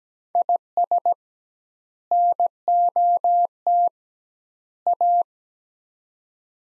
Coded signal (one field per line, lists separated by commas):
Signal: Morse code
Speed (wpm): 17 wpm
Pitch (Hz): 700 Hz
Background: none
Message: IS NOT A